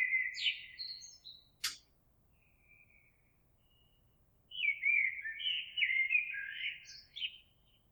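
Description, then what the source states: Eurasian blackbird song: a fluty phrase with high twitter, a sharp click, a pause, then a longer mellow warbling phrase ending in squeaky notes. Recorded 26 April 2022.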